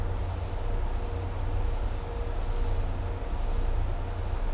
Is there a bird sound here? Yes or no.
no